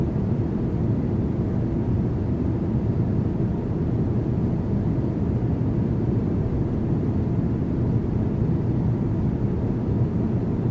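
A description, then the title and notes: Steady airplane noise: a deep, dense roar that holds at one level for the whole stretch, with no changes or separate events. The sound sits mostly in the low rumble, with a softer hiss above it, like engine drone heard from inside the cabin. White Noise Airplane Sounds.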